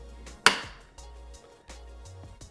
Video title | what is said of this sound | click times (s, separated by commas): Breville Barista Express Top Burr Adjustment | time turning clockwise very hard until you hear a click once it clicks into place | 0.5 s